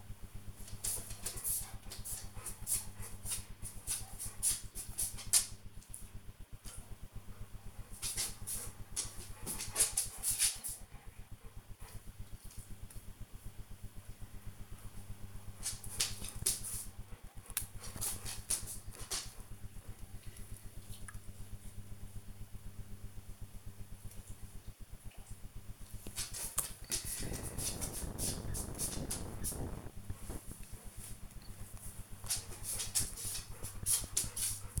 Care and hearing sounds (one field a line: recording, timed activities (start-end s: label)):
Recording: household activities, microphone on the right wrist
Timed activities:
0.00-33.18 s: working on the computer